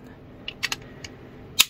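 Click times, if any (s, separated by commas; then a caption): 1.6 s. A plastic cap is pushed back onto the neck of an Ajmal Evoke Gold Edition perfume bottle, with faint ticks at about 0.5, 0.6, 0.7 and 1.0 seconds before a sharp, bright click at 1.6 s. The cap seats there and holds well enough that the bottle does not fall when lifted by the cap, although the build is considered somewhat cheap.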